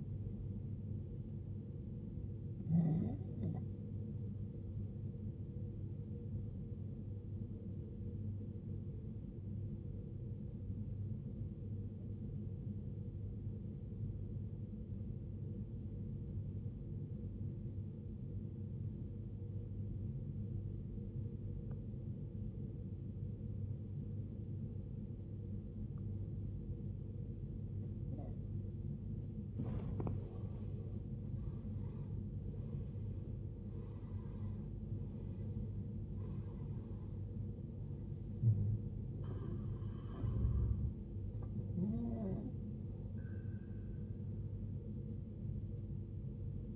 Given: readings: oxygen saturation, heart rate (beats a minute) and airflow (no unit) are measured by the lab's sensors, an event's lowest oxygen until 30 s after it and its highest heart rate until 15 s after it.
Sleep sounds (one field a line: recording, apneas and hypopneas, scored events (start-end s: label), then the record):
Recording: breathing in sleep by a smartphone at the bedside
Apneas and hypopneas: 1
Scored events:
12.00-31.30 s: obstructive apnea (N1, oxygen 95% highest, then 81% lowest, heart rate 53 at the start, 70 highest)
17.00-46.76 s: new sleep stage, N2 (light sleep)
From the record:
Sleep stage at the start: N1 (lightest sleep)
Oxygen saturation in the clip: 80 to 95%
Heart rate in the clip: 48 to 70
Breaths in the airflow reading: 6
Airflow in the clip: -15.8 to 16.2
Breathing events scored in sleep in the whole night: 389 in 6.3 hours asleep